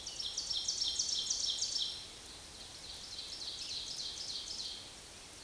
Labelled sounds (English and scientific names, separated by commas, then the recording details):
Ovenbird (Seiurus aurocapilla) song
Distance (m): 50 m
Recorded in a Pennsylvania forest on 18 May 2023 at 05:57
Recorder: AudioMoth, point grid1_6_low
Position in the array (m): 160 m, 16 m